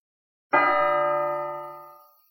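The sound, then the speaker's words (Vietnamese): A single bell strike, the fourth in a series, with a sharp onset and rich, steady harmonic overtones that ring on and slowly fade over about two seconds. No voices are heard. “Tiếng chuông thứ tư lại vang lên, đại âm như lôi không ngừng nổ vang.”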